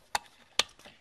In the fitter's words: pops right in U just as you see there and um